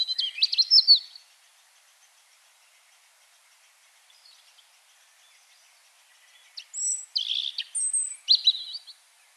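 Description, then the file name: European robin song: a brief high trilling phrase, a long pause, then a second phrase of thin whistles and tinkling high notes. "Erithacus rubecula"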